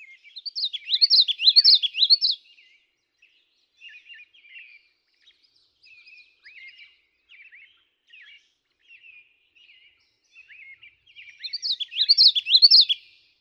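Common yellowthroat song, a rolling repeated phrase at the start and again near the end, with softer short notes scattered between.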